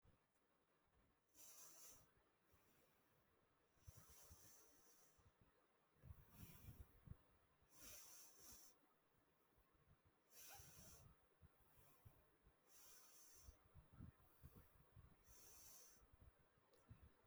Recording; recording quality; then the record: deep breathing; excellent, no background noise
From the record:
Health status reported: healthy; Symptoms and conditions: cough, breathing difficulty, sore throat, fever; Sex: female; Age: 38 years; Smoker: not ticked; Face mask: not worn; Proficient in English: yes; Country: India